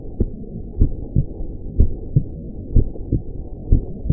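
A steady adult heartbeat at about 60 beats per minute, each beat a low, dull lub-dub pair with a faint background hum.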